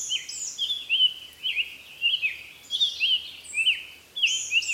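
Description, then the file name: Summer tanager song: a steady run of short, slurred, slightly burry notes in loose phrases, with thin higher notes above. "طائر التانجر الصيفي"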